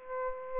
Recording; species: mosquito wingbeat signal from an infrared sensor; Aedes aegypti